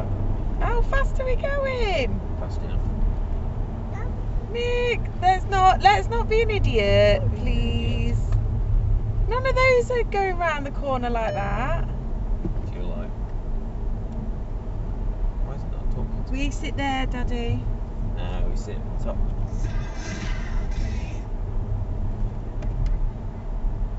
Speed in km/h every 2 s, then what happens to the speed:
69, 64, 61, 56, 56, 56, 58, 60, 60, 60, 63, 63.
0-8 slows to 56. 8-24 speeds up to 63.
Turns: 0-8.